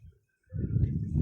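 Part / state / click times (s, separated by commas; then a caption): oil filter element into filter housing cap / not seated / none. A new oil filter element for a Vauxhall Adam is handled and pushed onto the teeth inside its plastic filter housing cap. After a near-silent start, a dense low rumbling handling noise begins around 0.5 s and builds to the end. Nothing has seated or clicked yet.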